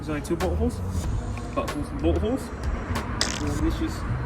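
A power-steering line fitting with its O-ring and decorative fake bolt is being handled at the pump housing while installing a KTUNED power-steering line tuck kit on an RSX Type-S. Someone talks throughout over a low background hum, with faint handling noises. Nothing has seated or clicked yet.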